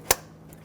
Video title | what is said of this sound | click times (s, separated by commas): How to Replace Throttle Body Assembly 2005-2015 Toyota Tacoma 2.7L L4 | the connector push until you hear a click | 0.1 s